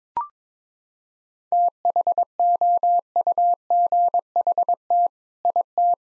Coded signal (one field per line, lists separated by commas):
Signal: Morse code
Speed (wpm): 22 wpm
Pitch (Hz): 700 Hz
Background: none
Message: THOUGHT IT